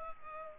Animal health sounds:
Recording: mosquito wingbeat signal from an infrared sensor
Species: Culex pipiens

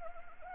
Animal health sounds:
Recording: mosquito wingbeat signal from an infrared sensor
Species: Anopheles arabiensis

